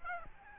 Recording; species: mosquito wingbeat signal from an infrared sensor; Aedes aegypti